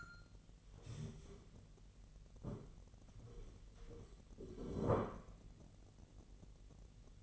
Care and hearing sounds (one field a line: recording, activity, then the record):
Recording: daily activity, microphone in the room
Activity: stand up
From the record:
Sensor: 4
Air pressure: 1002.4 hPa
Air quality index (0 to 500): 250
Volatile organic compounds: 37 ppm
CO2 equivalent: 3103 ppm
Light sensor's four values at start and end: 11/25/10/10 and 11/25/10/10